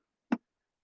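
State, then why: Seated. The lid of a collector's box set, with the Superman emblem attached, is placed back onto its box. A single short click is heard at 0.3 s as the lid locks into place, with no talking.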